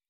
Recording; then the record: hydrophone in a shrimp aquaculture tank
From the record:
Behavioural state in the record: weakened